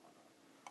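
A repaired telescoping handle latch in a suitcase frame is released and pops open. Low steady background noise runs until a sharp click at 0.7 s, when the latch releases. No one talks during the clip.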